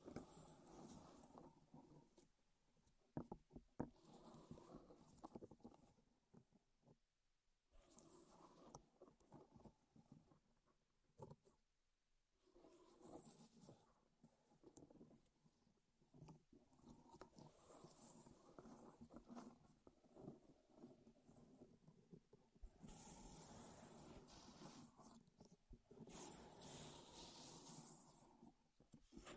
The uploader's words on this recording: ASMR Wood Triggers in Your Ears (No Talking).